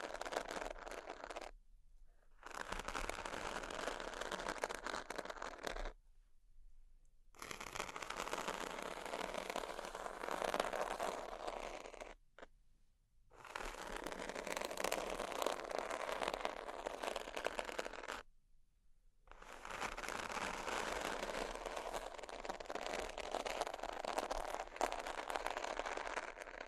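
Scratching on sheets in long, dense bursts of rough, crackling friction, fairly bright and busy throughout each stretch. The bursts last several seconds and are separated by short silent gaps near 2, 6, 12 and 18 seconds, then continue to the end.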